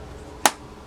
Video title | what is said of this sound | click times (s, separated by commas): Tarte blush palette VS. Nars blush palette! | you hear the click | 0.5 s